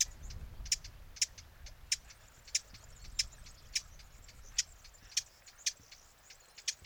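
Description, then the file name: Eurasian blackcap giving hard, clicking tack calls, repeated fairly steadily throughout, with soft background noise. "Sylvia atricapilla"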